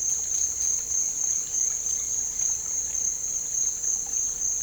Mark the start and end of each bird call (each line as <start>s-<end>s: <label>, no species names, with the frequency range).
0.86s-2.21s: bird call (0.7-3.2 kHz)